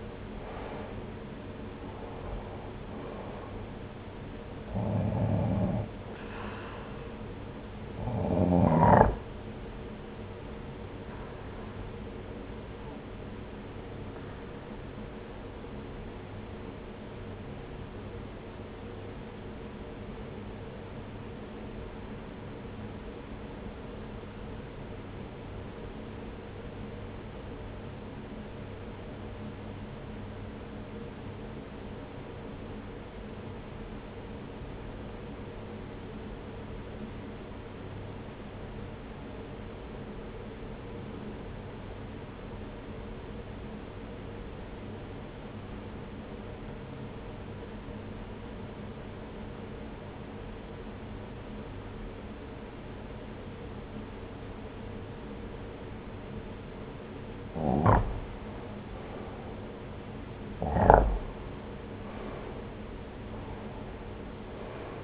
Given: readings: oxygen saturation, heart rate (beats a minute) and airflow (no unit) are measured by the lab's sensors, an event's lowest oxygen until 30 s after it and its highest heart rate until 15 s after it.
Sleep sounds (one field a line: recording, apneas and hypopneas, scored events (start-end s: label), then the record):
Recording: breathing in sleep by a voice recorder at the bedside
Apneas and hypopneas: 1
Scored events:
17.00-58.60 s: obstructive apnea (REM, oxygen 96% highest, then 81% lowest)
From the record:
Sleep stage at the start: REM sleep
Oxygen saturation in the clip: 79 to 96%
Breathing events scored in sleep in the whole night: 303 in 8.1 hours asleep